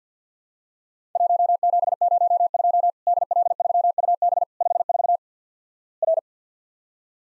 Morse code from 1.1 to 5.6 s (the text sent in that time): 1702 DL3UB 54